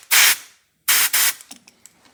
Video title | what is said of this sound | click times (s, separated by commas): Unimog 421 restoration, part 6: Fixing the differential locks | But nothing's happening there. So, it's seized. | none